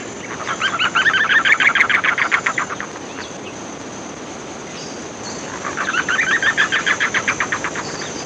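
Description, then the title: Chotoy spinetail calling, two long bouts of rapid, evenly spaced harsh notes, about two and a half seconds each with a pause between, over a steady hiss of background noise. "LuckyPassaro Completos2Sama. Chotoy Spinetail (Schoeniophylax phryganophilus)"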